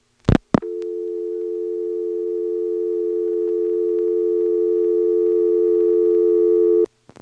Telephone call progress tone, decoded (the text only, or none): dial tone